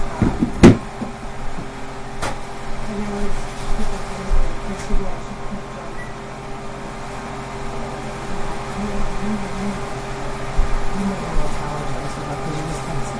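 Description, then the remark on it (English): A back door opens and shuts with two sharp clunks a second or so apart, followed by a steady electrical hum and faint shuffling movement. “in the back door”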